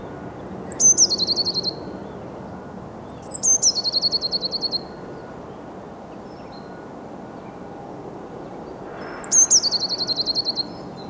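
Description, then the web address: Eurasian blue tit giving three high, thin phrases, each a brief piercing note dropping into a quick repeated trill, separated by pauses; soft steady hiss throughout. "SETE data Cyanistes caeruleus"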